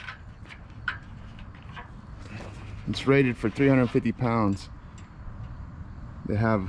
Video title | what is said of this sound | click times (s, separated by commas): Soffit Install | locking mechanism there it locks into place you pull it out | 0.9 s